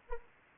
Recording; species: mosquito wingbeat signal from an infrared sensor; Anopheles arabiensis